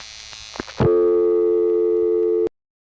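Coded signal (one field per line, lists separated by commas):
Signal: telephone call progress tone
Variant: North America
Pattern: dial tone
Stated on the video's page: Telephone call progress tone from a step-by-step exchange in Rock Hill SC, 1977.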